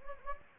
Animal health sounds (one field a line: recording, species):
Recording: mosquito wingbeat signal from an infrared sensor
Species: Anopheles gambiae